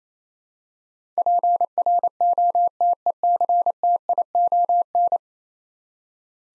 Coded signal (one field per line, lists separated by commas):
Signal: Morse code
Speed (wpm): 28 wpm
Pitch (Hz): 700 Hz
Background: none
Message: PROTECTION